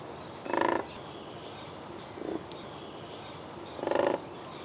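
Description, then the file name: Whooping crane giving short, buzzy pulsed calls, two strong ones a few seconds apart and a fainter one between, over steady background hiss. "crane WCEP"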